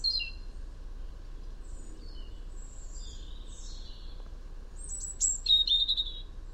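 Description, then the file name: European robin song: soft high, sliding whistles scattered throughout, ending in a louder burst of thin, trilling notes, all over steady low background noise. "Erithacus rubecula"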